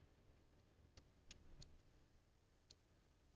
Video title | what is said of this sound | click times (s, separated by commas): Food Fidgets & Bamboo Builds - Print & Pretzels LIVE | click into place. I love this file so much. | 1.0 s, 1.3 s, 1.6 s, 2.7 s